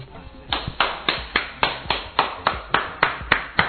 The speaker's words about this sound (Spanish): Esto es histórico. Me tenía que parar a aplaudir.